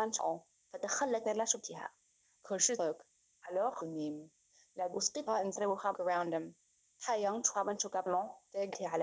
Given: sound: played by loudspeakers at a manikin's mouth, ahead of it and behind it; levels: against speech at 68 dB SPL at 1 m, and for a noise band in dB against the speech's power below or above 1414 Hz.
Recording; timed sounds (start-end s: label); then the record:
test signals for a remote microphone
0.00-9.03 s: speech test signal (ISTS)
From the record:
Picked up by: remote microphone B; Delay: 24 ms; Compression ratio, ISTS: 1.85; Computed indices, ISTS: SII 0.995, HASPI 0.987, HASQI 0.342 (non-linear 0.414, linear 0.827), ESTOI 0.825